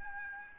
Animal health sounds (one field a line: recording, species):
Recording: mosquito wingbeat signal from an infrared sensor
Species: Aedes albopictus